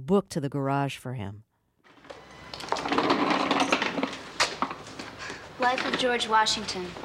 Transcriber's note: Soundbite of The Unbelievable Truth